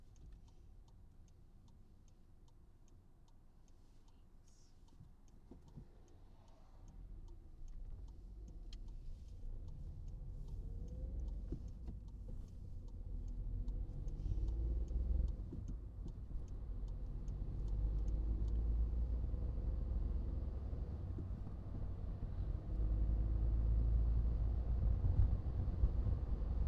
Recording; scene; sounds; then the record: everyday scene through a hearing-aid microphone; in a vehicle; engine, rumble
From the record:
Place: Skoda Fabia, gasoline engine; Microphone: in the ear canal, right